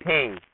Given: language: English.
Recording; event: throat vibration sensor signal played as sound; speech